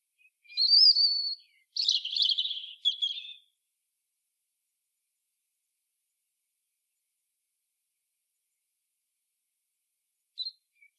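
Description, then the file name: European robin song opening with a clear high whistle, then a jumble of fast tinkling notes; a single short high note follows after a long silence. "Erithacus rubecula"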